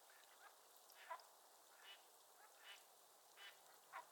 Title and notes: A Morning on Otter Creek with a Raft of Ducks. a raft of Mallard Ducks. Nature is my Jam